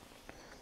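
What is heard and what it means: During reassembly of a Kalashnikov rifle, the metal receiver cover is fitted into its groove on the receiver and pressed into place. A single sharp click is heard at 0.3 s as the small retainer holding the cover goes all the way home. The receiver cover is fully seated.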